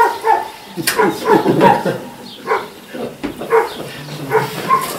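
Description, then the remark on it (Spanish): A dog gives a run of short, sharp barks mixed with high, whiny whimpers, the bursts coming in an uneven rhythm across several seconds at moderate loudness. “El perro este está dando la vara.”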